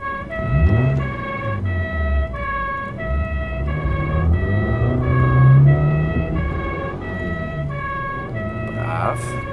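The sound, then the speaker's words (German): A Rolls-Royce car engine rumbles low and grows louder as the car approaches, its pitch rising and sliding, while a steady pulsing two-note tone repeats in even beats above it throughout. “Der hört sich schon weniger wie ein Oldtimer an. Das ist ein Rolls-Royce.”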